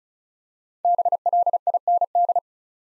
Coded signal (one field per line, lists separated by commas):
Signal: Morse code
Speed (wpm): 36 wpm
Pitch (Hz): 700 Hz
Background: none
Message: BLIND